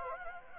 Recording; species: mosquito wingbeat signal from an infrared sensor; Anopheles gambiae